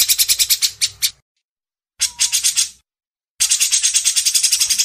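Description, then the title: Brown-cheeked bulbul with short, scratchy rattling bursts, then a longer run of fast harsh notes. Masteran training audio. "MASTERAN CUCAK JENGGOT"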